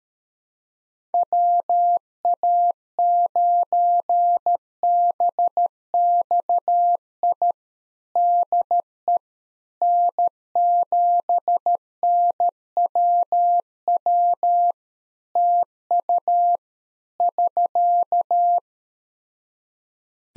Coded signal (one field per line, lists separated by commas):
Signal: Morse code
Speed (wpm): 13 wpm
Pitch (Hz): 700 Hz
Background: none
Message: WA9BXI DE N7NWW TU <SK>